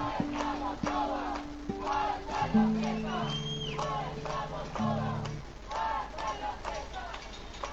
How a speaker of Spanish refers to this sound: Queríamos darle, si podemos gritarle a las chiquillas con mucho cariño, a las chiquillas que están allá adentro que nos escuchen, saludémosle, gritémosle por favor. ¡No estamos todas! ¡Faltan las presas!